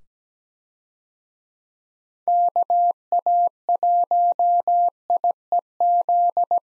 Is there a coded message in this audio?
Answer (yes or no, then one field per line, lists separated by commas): yes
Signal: Morse code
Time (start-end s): 2.3-6.6 s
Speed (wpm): 17 wpm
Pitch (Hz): 700 Hz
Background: none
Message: KA1IEZ